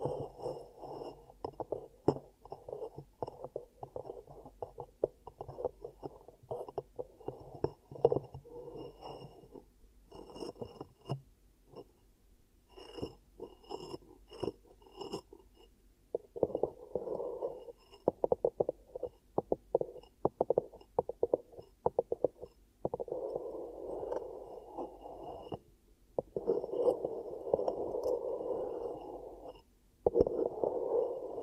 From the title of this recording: Ear Cupping Triggers